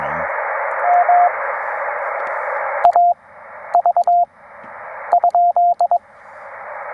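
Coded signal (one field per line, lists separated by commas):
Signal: Morse code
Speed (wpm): 21 wpm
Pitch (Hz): 690 Hz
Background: radio noise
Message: M A V ?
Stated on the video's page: POTA activation CW from a Penntek TR-45L with two 31-foot wires, sent with a Begali Traveler paddle.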